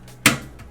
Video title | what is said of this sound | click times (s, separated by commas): Building Two Gaming PCs Live on Twitch (Stream Upload) | it into place on all sides so it clicks in everywhere | 0.3 s